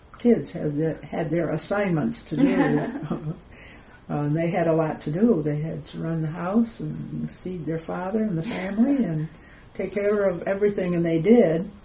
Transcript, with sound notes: kids had their assignments to do. [laughs] They had a lot to do. They had to run the house and feed their father and the family and take care of everything and they did.